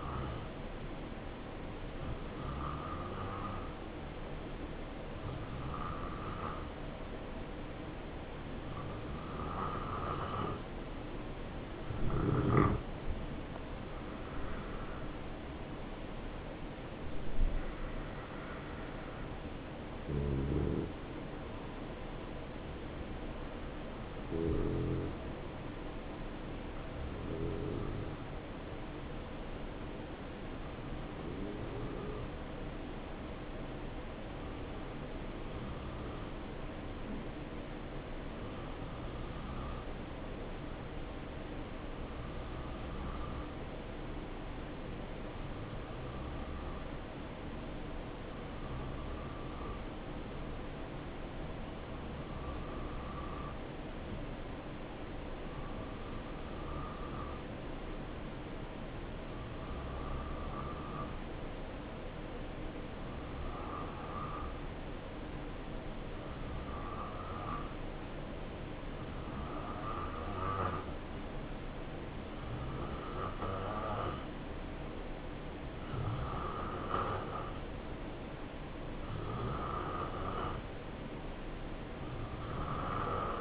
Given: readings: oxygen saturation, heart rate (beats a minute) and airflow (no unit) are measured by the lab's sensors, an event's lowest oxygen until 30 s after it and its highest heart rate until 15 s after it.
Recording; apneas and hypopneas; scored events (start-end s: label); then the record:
breathing in sleep by a voice recorder at the bedside; 1
23.00-79.40 s: hypopnea (N2, oxygen 94% highest, then 86% lowest, heart rate 65 at the start, 70 highest)
From the record:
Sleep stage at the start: N2 (light sleep); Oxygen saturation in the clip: 88 to 94%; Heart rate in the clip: 64 to 76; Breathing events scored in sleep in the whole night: 277 in 7.4 hours asleep